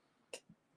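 A plastic comb guard is clipped onto an electric beard shaver; a little snap is needed, or it isn't on properly. A short, sharp snap at 0.3 s shows the guard is seated. A softer low thump follows at about 0.5 s.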